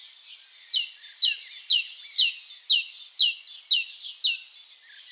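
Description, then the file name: Great tit song, a steady series of ringing two-note phrases, about two each second. "Parus major"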